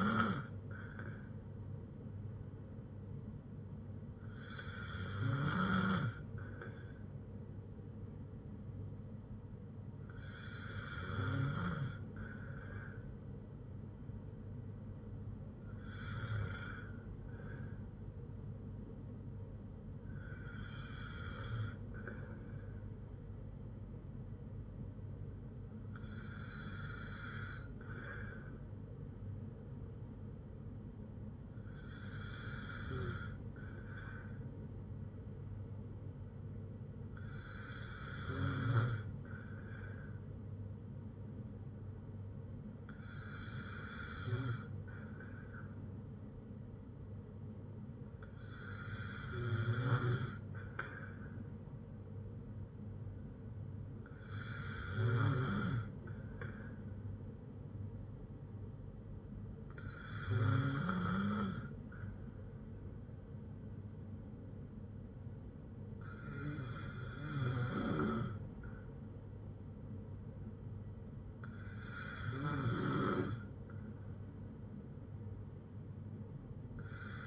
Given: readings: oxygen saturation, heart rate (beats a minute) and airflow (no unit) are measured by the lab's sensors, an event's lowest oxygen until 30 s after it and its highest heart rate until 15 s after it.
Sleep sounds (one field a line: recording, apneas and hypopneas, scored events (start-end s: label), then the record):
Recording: breathing in sleep by a smartphone at the bedside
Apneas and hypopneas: 1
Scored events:
30.00-62.20 s: hypopnea (N2, oxygen 96% highest, then 94% lowest, heart rate 55 at the start, 66 highest)
From the record:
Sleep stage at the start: N2 (light sleep)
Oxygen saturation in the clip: 95 to 96%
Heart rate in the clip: 55 to 71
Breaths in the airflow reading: 14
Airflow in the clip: -4.9 to 6.2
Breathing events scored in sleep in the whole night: 182 in 7.4 hours asleep